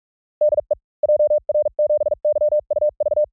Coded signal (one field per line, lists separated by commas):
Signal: Morse code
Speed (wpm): 44 wpm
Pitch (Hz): 590 Hz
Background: none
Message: DE JR7YUV